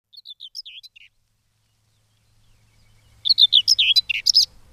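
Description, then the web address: Common whitethroat: a softer, scratchy phrase of short notes, a pause of about two seconds, then a louder, rapid, grating warble. "agykontroll Madardalok Cd 2. Mezei poszáta"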